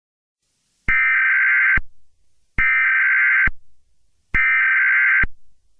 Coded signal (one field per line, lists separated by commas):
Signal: Emergency Alert System (SAME) tones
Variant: header bursts